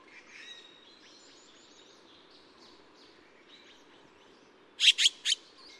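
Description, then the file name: Taiwan blue magpie giving one short burst of three harsh, scratchy notes near the end, after a stretch of faint high chirping from other birds. "台灣藍鵲"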